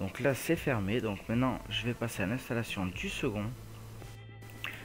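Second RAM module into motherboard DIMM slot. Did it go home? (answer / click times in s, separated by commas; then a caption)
yes / 4.6 s. A second RAM module is pushed into its motherboard DIMM slot the same way as the first, while someone talks over faint background music. After the talking stops, a sharp, short click at 4.6 s marks the stick snapping home, fully seated.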